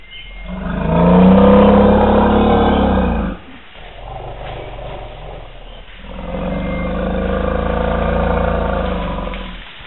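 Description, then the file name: Elephant producing deep, harmonic rumbling roars: a loud bout, then a few seconds of quieter rumbling, then a softer bout. "Elephants copyright Elephant Listening Project"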